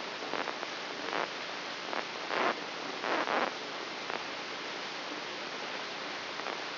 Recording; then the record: brain microelectrode recording played as sound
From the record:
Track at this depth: outside the subthalamic nucleus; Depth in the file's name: 7.304 mm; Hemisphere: left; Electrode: 3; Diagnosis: Parkinson's disease